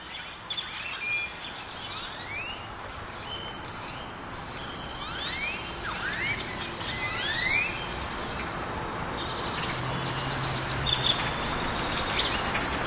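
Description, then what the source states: Bird calls, several quick upward-sweeping notes scattered throughout, over a continuous background hum. Birds on 6th Street.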